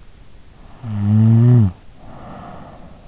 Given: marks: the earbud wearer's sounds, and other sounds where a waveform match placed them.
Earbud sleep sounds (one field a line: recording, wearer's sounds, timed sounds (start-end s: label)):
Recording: sounds in sleep by an in-ear microphone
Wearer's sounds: snoring breath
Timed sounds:
0.39-3.05 s: snoring breath